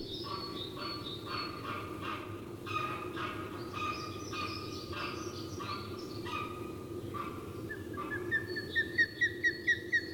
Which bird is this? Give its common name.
Osprey